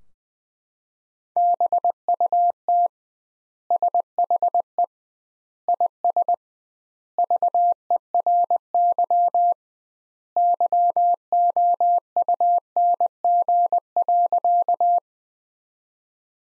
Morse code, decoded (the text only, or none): BUT SHE IS VERY YOUNG.